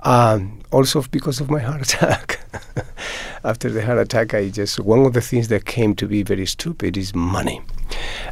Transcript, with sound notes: also because of my heart attack (laughter). After the heart attack, I just - one of the things that came to be very stupid is money.